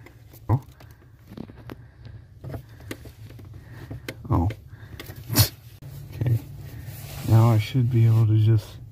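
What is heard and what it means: Someone talks while fitting the clutch master cylinder pushrod onto the clutch pedal's plastic retainer in a 1997–2001 Jeep Cherokee XJ during an AW4 automatic to AX-15 manual swap. Short knocks and taps come from handling the parts. Nothing has seated or clicked yet.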